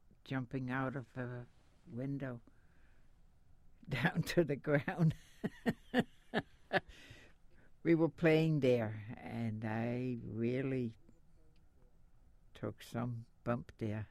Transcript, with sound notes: jumping out of a window down to the (she laughs) We were playing there and I really took some bump there.